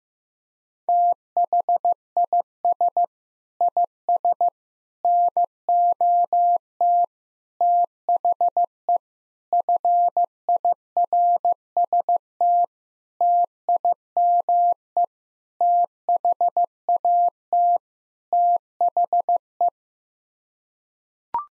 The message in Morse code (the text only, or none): THIS IS NOT THE FIRST TIME THAT THE